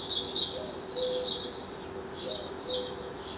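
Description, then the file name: House sparrow chirps, harsh bursts of high chirping repeated in rapid runs. "Passer domesticus"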